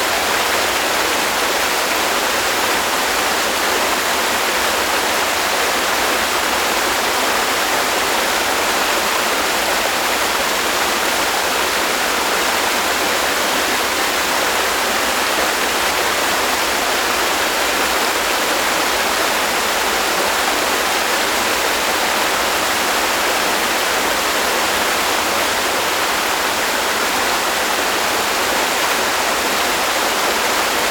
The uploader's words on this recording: Pleasant Waterfall Ambience.